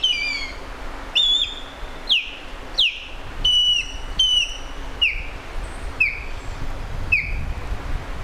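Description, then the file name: Osprey calling with sharp, clear whistles that slur downward, repeated roughly once a second over a steady low rumble. "canto da aguia pescadora"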